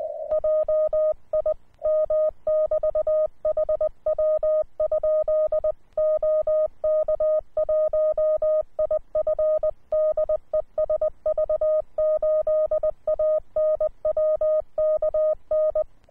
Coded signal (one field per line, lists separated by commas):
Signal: Morse code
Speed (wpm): 18 wpm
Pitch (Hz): 620 Hz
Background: none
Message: JIM <BT> HW? OK1IF DE SV8ANW KN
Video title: OK1IF/QRP Rig: uSDX